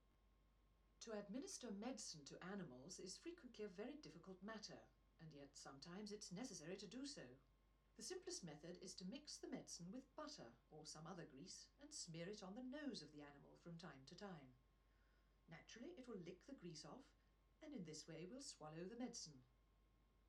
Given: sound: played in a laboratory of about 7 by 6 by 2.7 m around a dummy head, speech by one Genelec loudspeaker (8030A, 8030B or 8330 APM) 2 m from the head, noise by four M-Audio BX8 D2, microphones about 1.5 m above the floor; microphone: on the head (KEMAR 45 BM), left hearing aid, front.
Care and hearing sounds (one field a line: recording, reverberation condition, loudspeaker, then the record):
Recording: female speech in English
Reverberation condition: low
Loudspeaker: 150 degrees to the left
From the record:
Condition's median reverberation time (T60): about 310 ms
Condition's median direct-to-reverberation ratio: about 3.5 dB